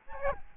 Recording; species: mosquito wingbeat signal from an infrared sensor; Aedes albopictus